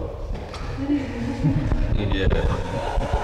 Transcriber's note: laughter